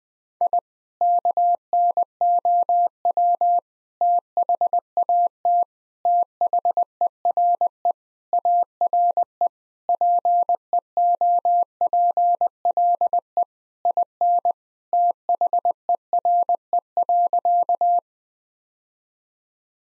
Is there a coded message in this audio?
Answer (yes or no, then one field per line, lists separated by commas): yes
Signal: Morse code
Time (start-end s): 0.4-18.0 s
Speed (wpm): 21 wpm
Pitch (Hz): 700 Hz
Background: none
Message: I KNOW THAT THERE ARE PEOPLE IN THERE.